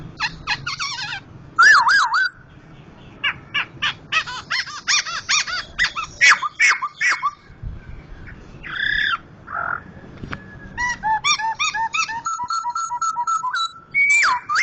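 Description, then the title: Laughingthrush song: mixed harsh chattering notes, a loud slurred whistle, scattered calls and a closing series of quick repeated notes with steady whistled tones. Bird named Gathutkaca; loud song of a national champion contest bird, billed as Sumatran crested form (Poksay Jambul Sumatra), singing vigorously (gacor). "Poksay Jambul Sumatra Suara Keras Juara Nasional. Poksay Hongkong gacor mantab (Gathutkaca)"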